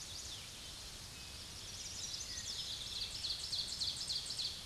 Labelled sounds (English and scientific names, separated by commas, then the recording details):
Ovenbird (Seiurus aurocapilla) song
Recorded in a Pennsylvania forest on 16 May 2024 at 06:45
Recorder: AudioMoth, point MSD-2429
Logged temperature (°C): 16.7 °C
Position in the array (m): 81 m, 27 m